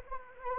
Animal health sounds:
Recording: mosquito wingbeat signal from an infrared sensor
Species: Anopheles arabiensis

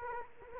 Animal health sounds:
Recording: mosquito wingbeat signal from an infrared sensor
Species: Culex quinquefasciatus

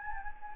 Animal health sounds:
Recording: mosquito wingbeat signal from an infrared sensor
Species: Anopheles gambiae

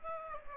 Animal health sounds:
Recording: mosquito wingbeat signal from an infrared sensor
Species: Aedes aegypti

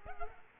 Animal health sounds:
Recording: mosquito wingbeat signal from an infrared sensor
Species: Culex pipiens

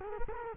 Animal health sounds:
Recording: mosquito wingbeat signal from an infrared sensor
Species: Culex quinquefasciatus

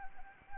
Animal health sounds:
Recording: mosquito wingbeat signal from an infrared sensor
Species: Anopheles arabiensis

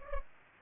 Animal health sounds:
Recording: mosquito wingbeat signal from an infrared sensor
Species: Culex pipiens

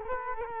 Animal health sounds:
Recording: mosquito wingbeat signal from an infrared sensor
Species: Culex quinquefasciatus

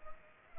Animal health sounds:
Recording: mosquito wingbeat signal from an infrared sensor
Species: Culex pipiens

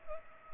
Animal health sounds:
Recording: mosquito wingbeat signal from an infrared sensor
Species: Culex pipiens

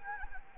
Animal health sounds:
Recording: mosquito wingbeat signal from an infrared sensor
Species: Anopheles arabiensis

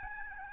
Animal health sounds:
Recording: mosquito wingbeat signal from an infrared sensor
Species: Aedes albopictus

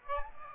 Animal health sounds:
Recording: mosquito wingbeat signal from an infrared sensor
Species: Aedes aegypti

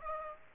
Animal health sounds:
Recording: mosquito wingbeat signal from an infrared sensor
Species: Aedes aegypti

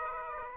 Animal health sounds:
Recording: mosquito wingbeat signal from an infrared sensor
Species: Aedes aegypti

